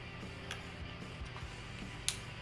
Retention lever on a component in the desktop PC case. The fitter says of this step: the other one snaps back in there or snaps in there a lot better than that